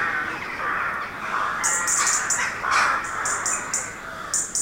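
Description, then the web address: Rooks giving rough, drawn-out caws back to back. Many rooks calling from trees. "Hollywood Edge Historical Series. Rooks in Trees"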